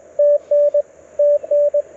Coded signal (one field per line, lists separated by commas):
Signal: Morse code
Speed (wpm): 22 wpm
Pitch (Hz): 590 Hz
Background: radio noise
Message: TN TN